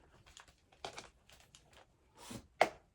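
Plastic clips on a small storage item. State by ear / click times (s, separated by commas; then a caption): seated / 0.9 s, 1.6 s, 2.6 s. Plastic clips on a small storage item are pressed closed one after another, with soft rustling and handling noise between presses. Each clip snaps home with a sharp click at 0.9, 1.6 and 2.6 seconds, the last being the loudest, and all of them are seated.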